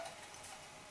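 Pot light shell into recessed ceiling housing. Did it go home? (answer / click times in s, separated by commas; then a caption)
no / none. A metal pot light trim shell is handled and pushed toward its recessed ceiling housing after its wires have been threaded through the opening. Only a steady, broadband hiss and rustle is heard, slightly louder at the very start, with no sharp impacts. The shell has not snapped into the housing yet, and nothing has clicked.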